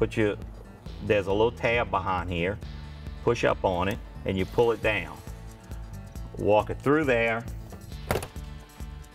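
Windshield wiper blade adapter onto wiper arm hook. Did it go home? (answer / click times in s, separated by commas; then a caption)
yes / 8.1 s. Someone talks while a new windshield wiper blade is slid onto the hook of the wiper arm and pushed until its plastic adapter locks. A sharp snap at 8.1 s marks the blade seating onto the arm.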